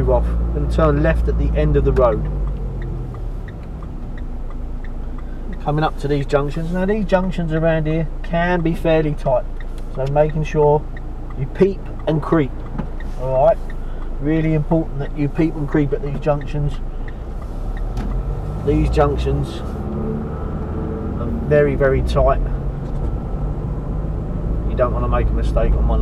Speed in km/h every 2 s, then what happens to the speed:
13, 10, 5, 0, 0, 0, 0, 0, 2, 3, 11, 21, 24.
0-5 slows to 0. 5-16 standing. 16-26 pulls away to 24.